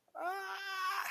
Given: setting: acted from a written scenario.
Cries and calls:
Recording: vocal sound without words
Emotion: pain

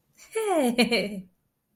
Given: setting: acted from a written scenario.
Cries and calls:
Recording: vocal sound without words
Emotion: pride

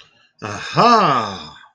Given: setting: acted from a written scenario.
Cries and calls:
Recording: vocal sound without words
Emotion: relief

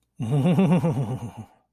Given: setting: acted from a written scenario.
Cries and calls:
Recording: vocal sound without words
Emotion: ecstasy

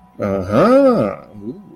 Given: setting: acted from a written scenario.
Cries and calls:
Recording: vocal sound without words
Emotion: romantic love

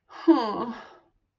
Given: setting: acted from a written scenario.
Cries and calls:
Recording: vocal sound without words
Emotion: ecstasy

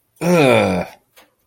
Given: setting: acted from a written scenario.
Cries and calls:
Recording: vocal sound without words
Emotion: disgust

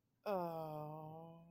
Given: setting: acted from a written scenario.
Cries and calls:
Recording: vocal sound without words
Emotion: guilt

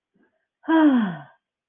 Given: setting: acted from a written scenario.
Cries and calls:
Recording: vocal sound without words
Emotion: guilt

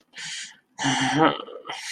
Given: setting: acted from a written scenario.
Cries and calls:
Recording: vocal sound without words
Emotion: sympathy

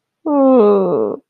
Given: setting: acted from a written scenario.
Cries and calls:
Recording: vocal sound without words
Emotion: sadness

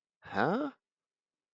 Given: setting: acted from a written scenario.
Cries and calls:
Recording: vocal sound without words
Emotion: confusion

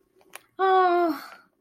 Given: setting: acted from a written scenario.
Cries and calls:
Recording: vocal sound without words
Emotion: romantic love

